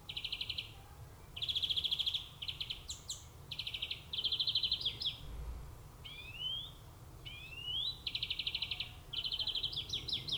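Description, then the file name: European greenfinch twittering almost continuously: rapid buzzy trills alternating with upward-sliding notes, a lively, varied sequence throughout. "Chloris chloris"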